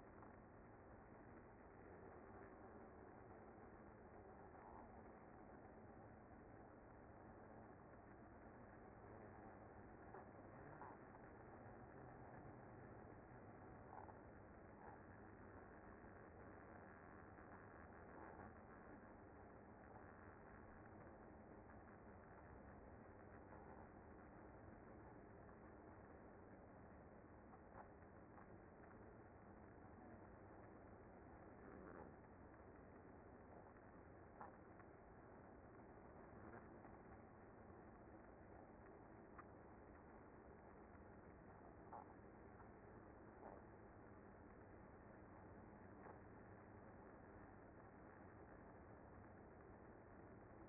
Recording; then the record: honeybee colony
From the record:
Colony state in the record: active